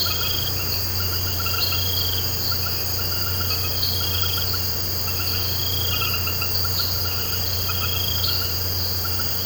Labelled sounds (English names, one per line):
none